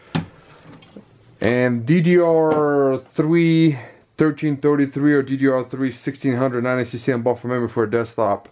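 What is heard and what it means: The plastic retaining clips on a DIMM memory slot of a Dell Inspiron 660 desktop motherboard are pushed open to release and remove the installed RAM, with a sharp click at 0.2 s. After that, someone talks for the rest of the clip.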